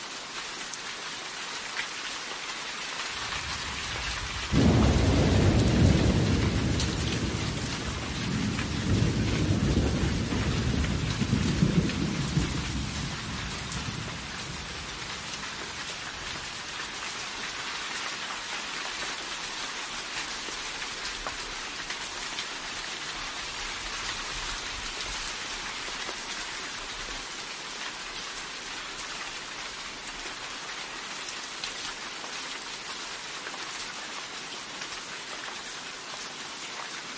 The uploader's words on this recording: Rain & Thunder White Noise. Rain and Thunder Sounds.